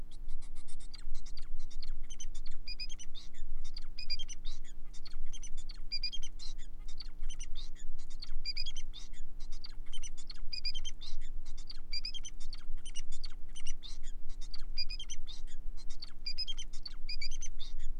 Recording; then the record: song of a male Bengalese finch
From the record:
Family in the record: son of father 4